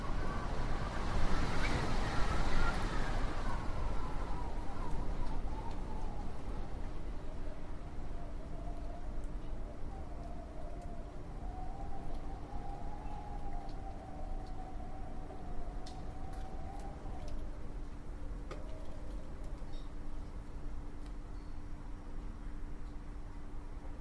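Wind roars loudest early, then settles into a steady low rush, with a falling whistle and later a thin howling tone.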